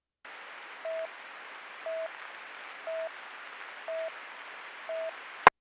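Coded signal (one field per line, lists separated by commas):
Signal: none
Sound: radio channel alert beeps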